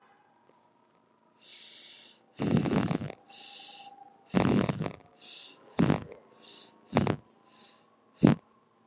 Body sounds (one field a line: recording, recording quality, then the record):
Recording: shallow breathing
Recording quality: excellent, no background noise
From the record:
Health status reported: healthy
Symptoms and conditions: none ticked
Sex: female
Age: 37 years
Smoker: not ticked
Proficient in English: yes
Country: India